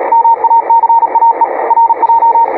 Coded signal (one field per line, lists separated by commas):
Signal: Morse code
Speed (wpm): 36 wpm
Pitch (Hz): 920 Hz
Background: radio noise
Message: MACAE RJ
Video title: QSO em CW.